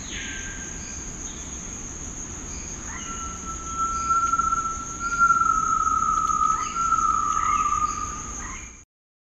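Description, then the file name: Great tinamou whistled call: one long, pure, slightly quavering tone that holds level then slowly falls, over a steady high insect drone and a few faint chirps. "Tinamus major"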